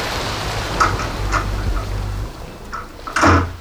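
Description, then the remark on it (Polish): The door of an arts hub with artists' studios and a shared space opens with a few soft clicks and knocks of the handle and latch, ending in a louder clunk, over a low steady hum. “To otwórzmy teraz drzwi Grid Art Hubu i jaki roztacza się stamtąd widok?”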